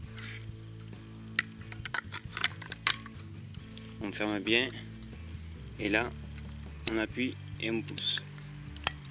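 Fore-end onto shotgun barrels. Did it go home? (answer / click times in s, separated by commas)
yes / 8.9 s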